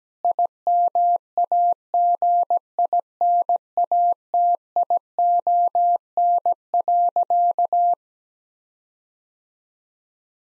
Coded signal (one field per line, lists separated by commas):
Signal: Morse code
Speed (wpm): 17 wpm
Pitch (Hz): 700 Hz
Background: none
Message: IMAGINATION.